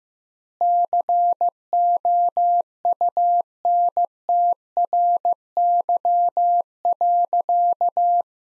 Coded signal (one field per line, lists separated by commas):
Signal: Morse code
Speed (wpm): 15 wpm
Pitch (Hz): 700 Hz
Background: none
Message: COUNTRY.